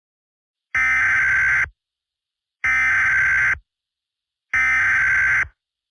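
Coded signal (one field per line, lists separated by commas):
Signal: Emergency Alert System (SAME) tones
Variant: header bursts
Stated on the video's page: Fictional EAS scenario with valid, loud tones, made for entertainment.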